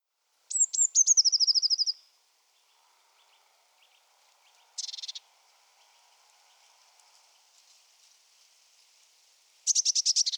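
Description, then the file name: Eurasian blue tit: a few very high thin notes running into a quick trill, then a short buzzy churr and a longer churr at the end. "Cyanistes caeruleus"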